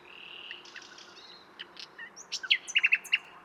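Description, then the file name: Common nightingale: songbird phrase opening with a thin whistle, building to several loud, evenly spaced notes over a hissing background. "Luscinia megarhynchos"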